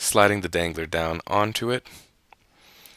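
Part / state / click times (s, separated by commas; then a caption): plastic data strip onto store shelf edge / not seated / none. Someone talks while a dangler is slid down onto a plastic data strip that has been peeled forward from a store shelf edge; faint small ticks follow at about 2.3 s and 2.9 s. Nothing has seated or clicked yet, and the strip has not been snapped back into place.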